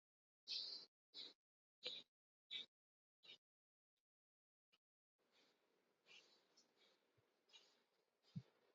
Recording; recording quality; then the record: shallow breathing; excellent, no background noise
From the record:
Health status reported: healthy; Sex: male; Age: 29 years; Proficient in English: yes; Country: India